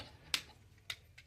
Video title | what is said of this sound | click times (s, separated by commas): Poor Man's Premium - Takara Brave Commander Optimus Transformers One | and then it just loves to just come off so you can hear it clicking it's not supposed to be clicking on anything | 0.3 s, 0.9 s